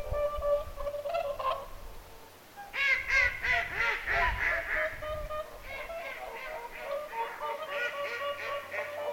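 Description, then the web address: Whooper swans in a noisy chorus, rapid overlapping bugling honks swelling loudly after a brief lull, with low background rumble. Whooper swans calling at Lintulahti on 6 November 2025. "paivat 6 11 2025 laulujoutsenten aantelya lintulahdella"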